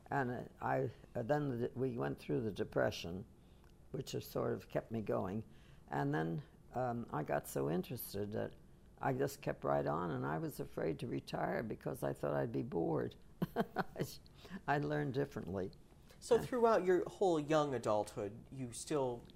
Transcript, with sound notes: And I, then we went through the Depression, which just sort of kept me going and then I got so interested that I just kept right on. And I was afraid to retire because I thought I'd be bored. (she laughs) I've learned differently.
So throughout your whole young adulthood you still...